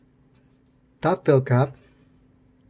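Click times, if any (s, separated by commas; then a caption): none. A quick-lock build cap is being handled near the base of an Ether RTA rebuildable vape tank by Suicide Mods. Someone talks briefly from about 1.0 to 1.7 s over a faint low hum. Nothing has seated or clicked yet.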